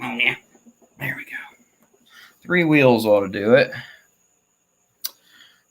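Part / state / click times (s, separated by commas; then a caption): wheel lock on a rolling table caster / seated / 5.1 s. Someone talks while locking the wheels of a rolling table, then a sharp, short click at 5.1 s marks the third caster's wheel lock clicking on. The lock seats and the table is locked into place.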